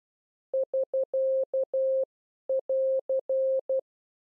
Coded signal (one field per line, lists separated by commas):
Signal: Morse code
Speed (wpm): 12 wpm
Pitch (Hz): 530 Hz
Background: none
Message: <SK><AR>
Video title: How to Learn CW / Video #5 Group 2 / Pro Signs AR SK BT